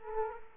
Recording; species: mosquito wingbeat signal from an infrared sensor; Culex quinquefasciatus